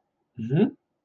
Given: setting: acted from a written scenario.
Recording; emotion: vocal sound without words; contentment